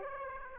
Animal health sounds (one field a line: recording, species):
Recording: mosquito wingbeat signal from an infrared sensor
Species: Aedes aegypti